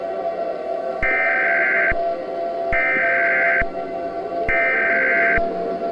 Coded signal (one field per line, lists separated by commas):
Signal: Emergency Alert System (SAME) tones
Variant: header bursts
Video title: EAS Mock: MTL-77X: The Robovirus